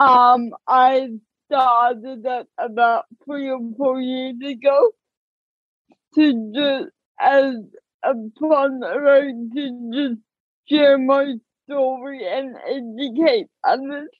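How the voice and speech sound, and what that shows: A young adult woman speaks slowly and effortfully in short bursts split by long pauses, with stretched sounds, a nasal tone and slightly imprecise consonants. This is dysarthric speech from cerebral palsy, diagnosed at age two, which affects control of the speech muscles and also her walking and fingers.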